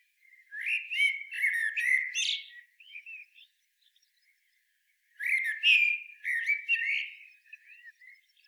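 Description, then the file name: Common blackbird song: two mellow warbled phrases, each finishing in squeaky high notes, with a quiet gap of about two seconds between them. "Turdus merula"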